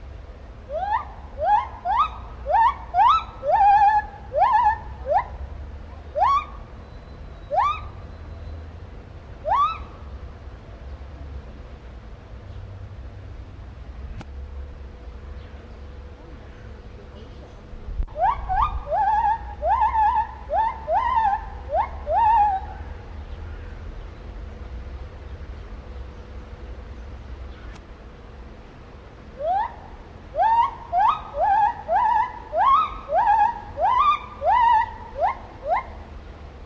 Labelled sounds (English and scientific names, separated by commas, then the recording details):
Lar Gibbon (Hylobates lar)
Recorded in captivity
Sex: female
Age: adult
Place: Zoo Berlin, Berlin, DE
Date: 1994-08-27
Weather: heiter, 16-22°C
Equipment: Marantz CP 430, Sennheiser ME 80, Kopie Uher Variocord 263
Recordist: Tembrock, Günter
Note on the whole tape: Weibchen: Lautfolgen, Ansatz zum "Großen Gesang" (das helle Weibchen) - längere Stücke; Geräusch Springbrunnen